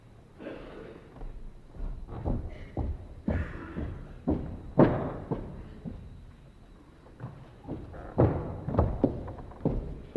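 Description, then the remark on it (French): A door being closed, with a series of irregular thumps, knocks and clunks over several seconds, a few louder thuds standing out among softer rattling handling sounds, and no voices. “Allez, clore cette porte.”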